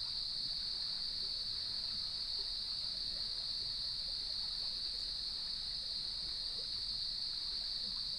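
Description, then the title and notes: Cricket chorus forming an even, shrill, sustained drone with no pauses, over a faint rumbling wash in the low range. Evening chorus at sunset on the beach of Lighthouse West Natural Area, Leelanau Peninsula, recorded by gnarled cedar trees with waves in the background. "Sounds of Leelanau Peninsula: Lighthouse West Natural Area. Nature is my Jam"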